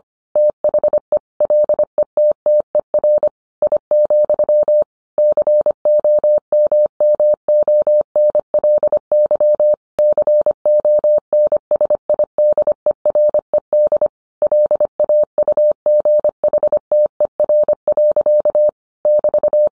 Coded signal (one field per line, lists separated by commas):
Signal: Morse code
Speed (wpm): 25 wpm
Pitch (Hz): 600 Hz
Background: none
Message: THE LETTER I, COMMONLY CONSIDERED LAUGHTER. <BT>